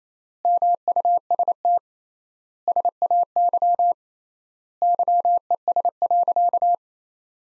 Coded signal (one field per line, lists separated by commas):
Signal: Morse code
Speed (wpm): 28 wpm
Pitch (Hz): 700 Hz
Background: none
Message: MUST SAY YES.